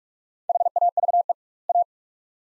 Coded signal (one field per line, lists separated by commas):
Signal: Morse code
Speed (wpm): 48 wpm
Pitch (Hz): 700 Hz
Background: none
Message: HAVE A